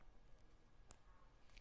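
A metal clasp tongue is pushed into the body of a necklace push clasp near the microphone. Against a quiet background, a single sharp, bright click sounds at 0.9 s as the clasp shuts and seats securely.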